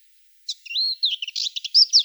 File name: Slavka belousaja